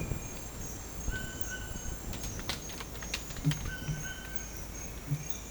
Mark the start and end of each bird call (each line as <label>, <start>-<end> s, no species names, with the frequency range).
bird call (0.9-3.4 kHz), 1.13-1.98 s